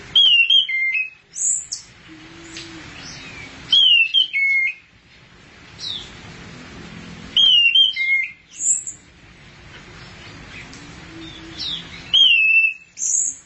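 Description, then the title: Thrush repeating whistled phrases with sharp high notes; a faint low tone sounds softly between them. "burung anis x"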